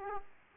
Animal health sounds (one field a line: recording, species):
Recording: mosquito wingbeat signal from an infrared sensor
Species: Aedes aegypti